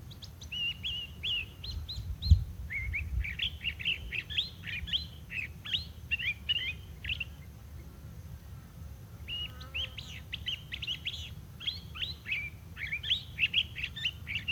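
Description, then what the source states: Crissal Thrasher delivers a long, rambling song of rich, varied chirps and slurred notes in quick succession, pausing briefly midway, with low background rumble throughout. Singing on a warm, bright mid-February spring day at Mesilla Valley Bosque State Park, New Mexico.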